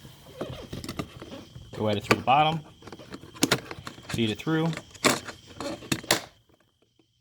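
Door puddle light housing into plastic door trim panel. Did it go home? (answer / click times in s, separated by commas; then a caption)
yes / 6.1 s. A new ghost (puddle) light housing is fed up through the bottom opening of the plastic door trim panel on a Suzuki Kizashi and pushed home, with short handling knocks and rustles while someone talks. A sharp, short click at 6.1 s marks the light housing seating into the panel, followed by quiet.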